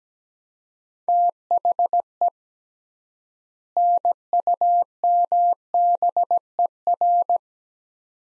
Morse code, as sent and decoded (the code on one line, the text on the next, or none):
- .... . / -. ..- -- -... . .-.
THE NUMBER